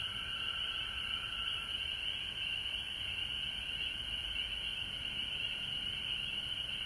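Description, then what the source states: Dense frog chorus of high trills, even and unbroken, with a lower tone heard only briefly at the start. Frogs recorded at home in Georgia on March 19, 2020.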